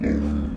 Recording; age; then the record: pig call; growing-finishing pig (85 days or more)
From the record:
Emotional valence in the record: negative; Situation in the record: barren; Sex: female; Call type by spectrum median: low-frequency call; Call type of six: low-frequency modulated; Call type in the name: low-frequency modulated, not sure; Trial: 3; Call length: 0.56 s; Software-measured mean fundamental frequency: 54 Hz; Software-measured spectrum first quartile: 116 Hz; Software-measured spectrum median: 218 Hz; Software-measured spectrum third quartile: 334 Hz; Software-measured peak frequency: 238 Hz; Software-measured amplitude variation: 116 dB a second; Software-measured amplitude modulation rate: 30.3 a second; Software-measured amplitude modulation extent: 3.8 dB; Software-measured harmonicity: -0.1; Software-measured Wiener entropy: -0.93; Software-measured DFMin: 648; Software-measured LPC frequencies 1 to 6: 289, 1726, 2252, 3414, 4282, 4939 Hz